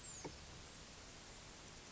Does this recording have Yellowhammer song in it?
no